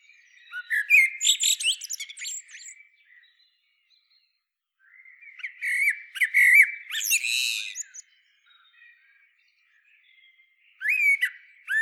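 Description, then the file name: Common blackbird singing rich, mellow whistled phrases that end in shrill, scratchy twitters. Two long phrases are separated by a pause, and a third phrase starts near the end. "Turdus merula"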